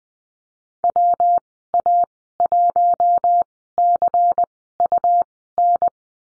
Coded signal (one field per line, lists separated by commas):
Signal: Morse code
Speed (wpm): 20 wpm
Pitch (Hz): 700 Hz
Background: none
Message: WA1CUN